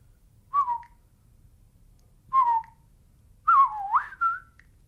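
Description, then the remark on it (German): A person whistles an imitation of birdsong as 'bird language' for asking 'excuse me, what time is it?': two short, falling mid-pitched whistles, then a longer warbling phrase with swoops, clear against a quiet background with no talking. “Wie sagt man denn zum Beispiel, Entschuldigung, wie spät ist es auf Vogelsprache?”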